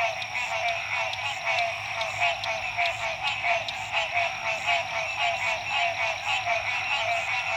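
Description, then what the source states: Frog chorus, a continuous blend of pulsing trilled calls with gentle swells in loudness. Frogs at dusk at La Rue PH, Illinois.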